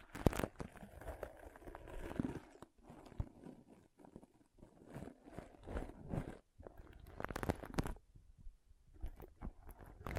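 Soft rustling and scratching of a fluffy pom pom, coming in uneven bursts with brief quiet gaps around three, six and a half, and eight seconds. Sharper crinkly snaps stand out near the start, around two seconds, and again late.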